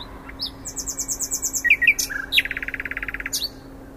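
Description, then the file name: Common nightingale song: soft repeated chirps building up, a couple of loud sharp notes, then a rapid, even, buzzy trill that cuts off, over a low hum. "Luscinia megarhynchos"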